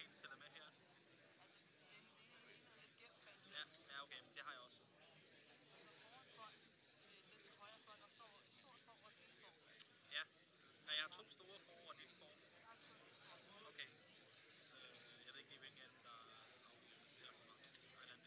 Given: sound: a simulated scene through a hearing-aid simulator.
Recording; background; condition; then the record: conversation; cafeteria; -4 dB SNR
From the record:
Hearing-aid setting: standard clinical setting (NAL); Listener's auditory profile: A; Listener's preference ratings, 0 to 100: 58, 66, 53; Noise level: 65 dB SPL